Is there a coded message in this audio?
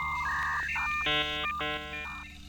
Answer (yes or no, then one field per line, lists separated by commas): no